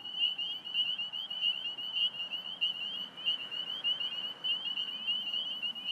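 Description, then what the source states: Spring peepers peeping in a massed chorus, bright high notes pulsing unevenly but never stopping, with low traffic noise in the background. Belle View, Alexandria, Virginia, 27 March 2017, 8:06 pm; calling despite recently mowed cattail and grass habitat; traffic from Fort Hunt Rd in background; recorded on iPhone 6+ with Rode Recording app.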